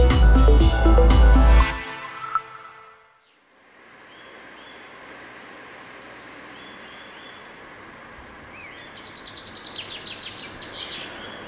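A loud burst of music fades into quiet outdoor hiss, then near the end a chaffinch sings a short, rapid run of bright notes that tumble downward into a final flourish.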